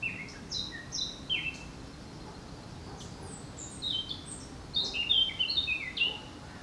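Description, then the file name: Eurasian blackcap song: a scratchy, varied warble of quick high notes, with a short pause in the middle and then a faster, denser burst near the end. "Sylvia atricapilla"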